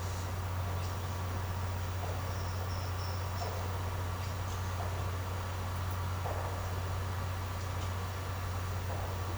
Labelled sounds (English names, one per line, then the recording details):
none
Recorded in secondary vegetation near Puerto Asís, Putumayo, Colombia, on 24 March 2025 at 10:30
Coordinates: 0.468, -76.324
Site G059